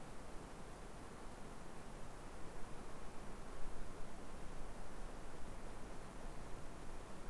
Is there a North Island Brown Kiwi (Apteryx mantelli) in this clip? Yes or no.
no